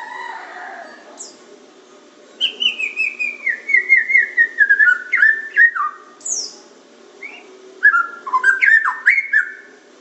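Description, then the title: Oriental magpie-robin song: a descending series of repeated whistled notes, followed by varied slurs and high chirps, with a steady low hum in the background. "Kicau Kacer"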